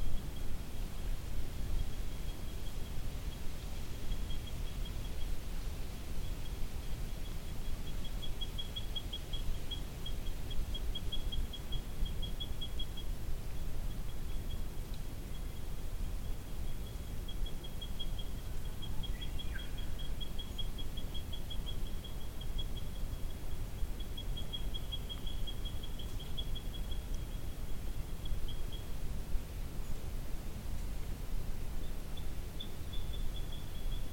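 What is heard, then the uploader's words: An outdoor recording from Orroral Lookout in Corin Forest, with a steady low rumble like wind filling the whole clip. A thin, high insect-like whine runs through most of it, swelling and fading in pulses, and a faint short chirp appears around twenty seconds. Recorded at the Orroral Lookout of Corin Forest in the ACT. The area was covered in snow.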